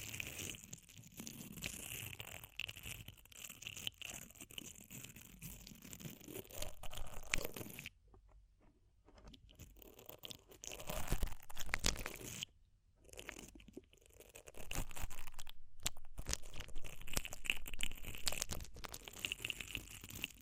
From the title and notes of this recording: ASMR DEEP Ear Penetrating Cleaning (No Talking).